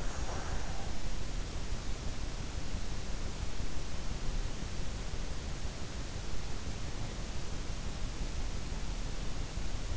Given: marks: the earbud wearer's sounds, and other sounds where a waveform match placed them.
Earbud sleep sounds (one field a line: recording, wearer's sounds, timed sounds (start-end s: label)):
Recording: sounds in sleep by an in-ear microphone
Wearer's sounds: breath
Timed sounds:
0.00-1.05 s: breath